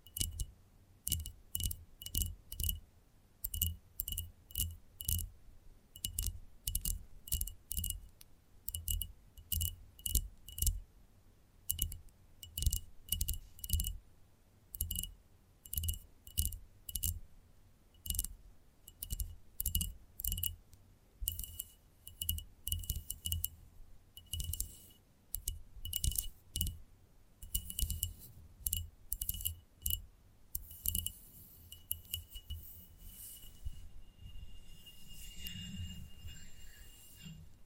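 Gentle tapping comes in quick clusters of light, clicky knocks with a slight glassy ring, often bunched into short rapid runs separated by brief pauses. The pattern holds steady for about thirty seconds, then gives way to a softer rustling and scraping near the end.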